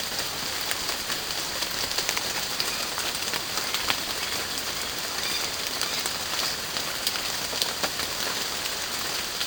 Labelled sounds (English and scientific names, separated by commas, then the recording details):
none
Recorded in pastures near Puerto Asís, Putumayo, Colombia, on 29 June 2025 at 13:30
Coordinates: 0.496, -76.326
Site GP01